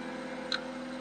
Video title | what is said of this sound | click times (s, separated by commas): RX 5600 XT UNBOXING & REVIEW + INSTALL TUTORIAL | There you go. Fit it in perfectly. That one clicked as well. | 0.5 s